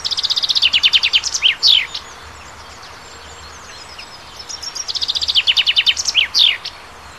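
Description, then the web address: Bird song, two strophes of a fast high trill that slightly descends before ending in a sharp downslurred flourish, with a pause of a few seconds between them. Native bird, March. "oeko wald- vogel maerz vogel heimisch"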